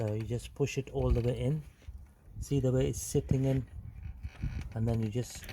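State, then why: Not seated. Someone talks while pushing the front indicator bulb holder, fitted with a new indicator bulb, all the way into its slot in the headlight housing of a Seat Ibiza. The clip ends before the holder is twisted clockwise to lock, so nothing has seated or clicked yet.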